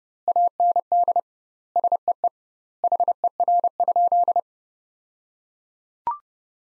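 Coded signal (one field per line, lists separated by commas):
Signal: Morse code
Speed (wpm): 30 wpm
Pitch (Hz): 700 Hz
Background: none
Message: AND SEE HER?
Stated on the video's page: Morse practice sentences from the top 100 words at 30 wpm with 2x word-spacing, a Farnsworth-like approach.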